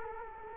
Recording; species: mosquito wingbeat signal from an infrared sensor; Culex quinquefasciatus